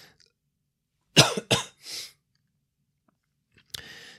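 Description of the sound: About four harsh, forceful adult coughs in separate bursts with quiet gaps, on the second day of self-isolation after a positive COVID-19 test, with fatigue, cough and a hoarse voice.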